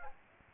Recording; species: mosquito wingbeat signal from an infrared sensor; Aedes aegypti